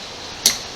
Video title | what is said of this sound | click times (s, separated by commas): wheel removal and installation | So just a nice slow motion until we get a click. | 0.5 s